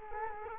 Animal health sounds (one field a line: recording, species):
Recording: mosquito wingbeat signal from an infrared sensor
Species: Culex quinquefasciatus